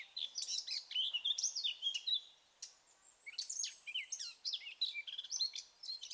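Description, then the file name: Eurasian blackcap song, fast scratchy chatter running into clear whistled phrases, repeated in two long bursts with a short pause. "Sylvia atricapilla"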